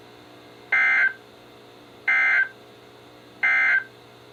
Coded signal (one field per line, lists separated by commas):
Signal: Emergency Alert System (SAME) tones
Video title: EAS #921-#929: Spook Month Rain Showers | KHB36